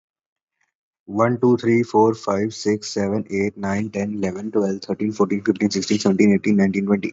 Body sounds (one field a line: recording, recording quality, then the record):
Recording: counting at a normal pace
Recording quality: excellent, no background noise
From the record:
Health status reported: exposed to COVID-19, no respiratory illness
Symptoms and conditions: none ticked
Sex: male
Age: 26 years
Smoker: not ticked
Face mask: not worn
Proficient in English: yes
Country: India